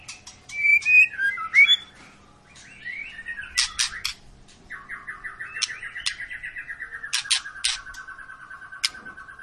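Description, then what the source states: White-rumped shama song: quick whistled flourishes, loud clicks, then a long steady rapid trill slowly dropping in pitch. Long lure recording of an actively singing (gacor) White-rumped shama, used to prompt birds to sing.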